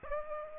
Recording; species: mosquito wingbeat signal from an infrared sensor; Aedes aegypti